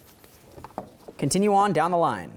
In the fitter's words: Press it in and listen for a click.